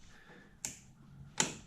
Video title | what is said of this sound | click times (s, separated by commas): Jeep DIY - Dual-Function 3/4" LED Corner Marker/Turn Signal Lights Install | little click button and it pops right off. | 0.6 s, 1.4 s